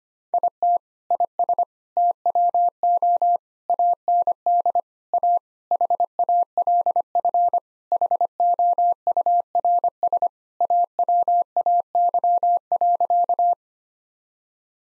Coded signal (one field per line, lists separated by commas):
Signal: Morse code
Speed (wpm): 25 wpm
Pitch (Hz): 700 Hz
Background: none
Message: IT IS TWO AND A HALF HOURS AWAY.